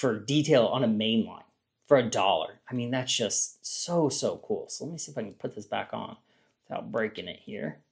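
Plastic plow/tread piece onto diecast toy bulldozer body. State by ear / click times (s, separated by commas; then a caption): not seated / none. A plastic plow or tread piece is being handled to reattach it onto the body of a small diecast metal and plastic toy bulldozer while someone talks throughout. Only speech is heard, with brief pauses, and no snap occurs. The piece has not seated or clicked into place yet.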